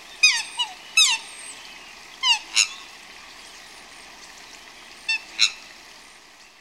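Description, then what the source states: Birds chirping in short bursts: several descending whistled notes and bright chips in quick pairs, a gap of over two seconds, then two more, over steady background noise. Several birds tweeting and chirping by a river.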